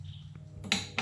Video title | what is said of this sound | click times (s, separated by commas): Fixing the bent and broken #2 | okay i always do two clicks just to make sure | 0.7 s